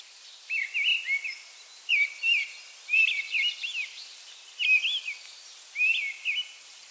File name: Mistle Thrush Turdus viscivorus